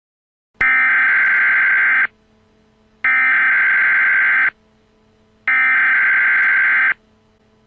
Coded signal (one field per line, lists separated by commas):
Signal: Emergency Alert System (SAME) tones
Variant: header bursts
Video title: EAS in Games - "Parasite Eve"